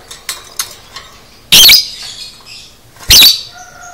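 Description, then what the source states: Lovebird: two loud, harsh screeches stand out over faint, short, high chirps. Masteran training recording of 'paud' lovebird, made for teaching cage birds.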